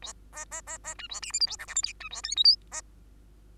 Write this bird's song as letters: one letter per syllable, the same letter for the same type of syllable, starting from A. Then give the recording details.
A B B B C A D E F G H I J K C A L M N B. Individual Bird2